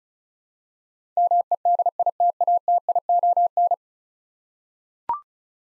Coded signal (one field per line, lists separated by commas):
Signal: Morse code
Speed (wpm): 36 wpm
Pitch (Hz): 700 Hz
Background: none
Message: MEDITATION